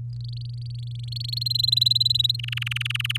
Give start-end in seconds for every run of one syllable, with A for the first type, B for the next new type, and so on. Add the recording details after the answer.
0.13-1.48 A, 1.50-2.36 B, 2.39-3.17 C. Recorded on 7 May 2018 at 14:34. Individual llb16